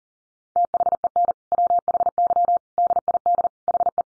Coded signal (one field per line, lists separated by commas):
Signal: Morse code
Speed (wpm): 40 wpm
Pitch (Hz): 700 Hz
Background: none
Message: THEN WHY DID HE